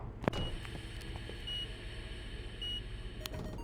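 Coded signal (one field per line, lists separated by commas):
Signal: none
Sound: game sound beeps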